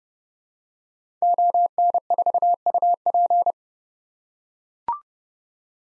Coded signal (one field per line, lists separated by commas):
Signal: Morse code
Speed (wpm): 30 wpm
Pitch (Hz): 700 Hz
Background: none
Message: ON4UP